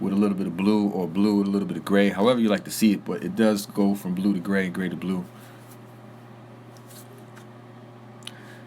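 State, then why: Seated. Someone talks for the first five seconds while handling a custom 6-inch Marvel Legends Spider-Man Riot Symbiote action figure, then it goes quiet with faint handling sounds. A plastic arm, built like a Build-A-Figure piece, is pushed into the torso socket and seats with a sharp snap at 8.3 s.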